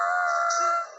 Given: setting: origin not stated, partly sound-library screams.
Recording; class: one-second piece from a danger detection set; woman in danger